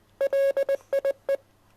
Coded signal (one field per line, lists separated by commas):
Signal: Morse code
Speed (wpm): 20 wpm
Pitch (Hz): 550 Hz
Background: music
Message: LIE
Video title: Can you decode this morse code message?